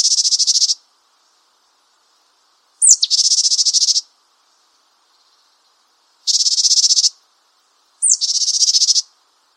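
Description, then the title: Japanese tit uttering dry buzzing calls in irregular bursts, two opened by a quick thin high whistle, separated by short silences. "suara burung gelatik batu jepang"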